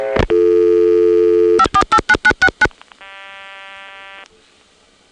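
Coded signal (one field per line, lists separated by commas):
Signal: DTMF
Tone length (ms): 70 ms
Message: 548996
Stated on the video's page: Multi-frequency trunk signalling on senderized step-by-step switching in Prince William County, Virginia: long-distance call from Dale City and suburban calls from Lorton, recorded 1977.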